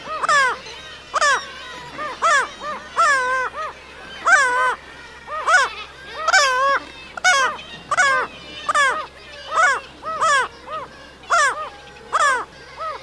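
Black-legged kittiwake calling continuously, a long run of nasal, slurred wailing notes.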